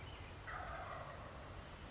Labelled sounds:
Wild Turkey (Meleagris gallopavo)
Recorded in Sonoma County, California

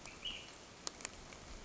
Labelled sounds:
Ash-throated Flycatcher (Myiarchus cinerascens)
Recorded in Sonoma County, California

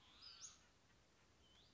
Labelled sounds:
Western Flycatcher (Empidonax difficilis)
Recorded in Sonoma County, California

